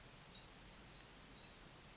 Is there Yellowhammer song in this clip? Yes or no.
no